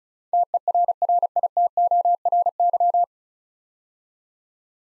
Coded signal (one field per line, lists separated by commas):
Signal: Morse code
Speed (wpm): 36 wpm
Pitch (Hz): 700 Hz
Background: none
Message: TERRITORY